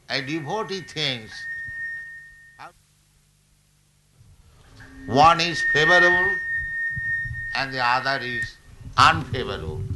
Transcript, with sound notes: A devotee thinks how to... [microphone problems] One is favorable, and the other is unfavorable.